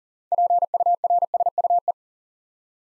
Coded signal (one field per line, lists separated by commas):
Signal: Morse code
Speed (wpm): 40 wpm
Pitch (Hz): 700 Hz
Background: none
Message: PURSUE